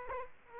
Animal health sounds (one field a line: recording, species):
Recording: mosquito wingbeat signal from an infrared sensor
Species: Aedes aegypti